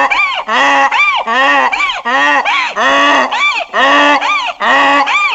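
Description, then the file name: Donkey bray with rhythmic hee-haw alternation, rasping harmonic notes rising and falling in quick succession with brief pauses. "donkey voice"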